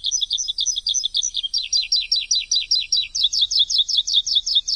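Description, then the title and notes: Bird song: rapid, high, sharp chirping notes repeated in steady bursts. Chirping bird sounds for training pet birds. "Suara Burung. Suara Kicauan Burung untuk memaster burung kesayangan"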